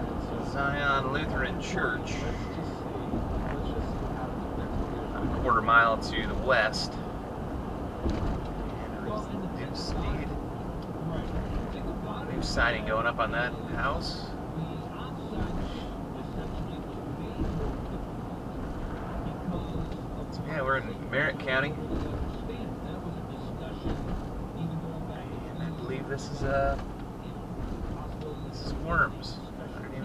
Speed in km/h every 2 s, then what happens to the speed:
71, 71, 74, 72, 69, 64, 61, 60, 60, 56, 55, 55, 53, 52, 48.
0-6 steady at about 71. 6-30 slows to 48.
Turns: none.